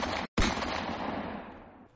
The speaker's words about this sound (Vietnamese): Hai tiếng súng vang lên, bánh một chiếc xe trong đó trúng đạn. Chiếc xe lập tức xoay vòng tại chỗ, tóe lên tia lửa.